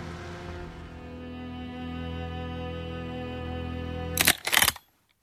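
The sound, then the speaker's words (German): A car engine hums low and steady as the vehicle slowly pulls away, driving on without its lights, ending in two brief, sharp crunching bursts before falling silent. “Langsam fuhr der Wagen wieder an.”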